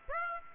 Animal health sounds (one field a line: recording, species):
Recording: mosquito wingbeat signal from an infrared sensor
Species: Aedes aegypti